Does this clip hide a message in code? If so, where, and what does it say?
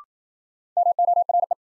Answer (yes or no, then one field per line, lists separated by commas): yes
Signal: Morse code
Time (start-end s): 0.8-1.5 s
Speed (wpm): 53 wpm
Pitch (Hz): 700 Hz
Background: none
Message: MORE